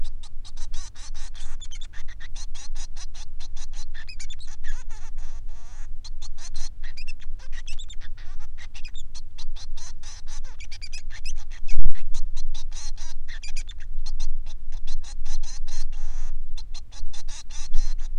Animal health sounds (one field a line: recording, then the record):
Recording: song of a male Bengalese finch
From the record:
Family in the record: son of father 3